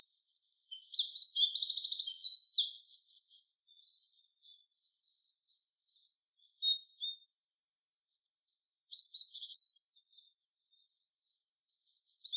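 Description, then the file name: Eurasian wren: shrill, hurried song of rattling trills and thin chirps, several phrases separated by brief gaps, background otherwise quiet. "Troglodytes troglodytes"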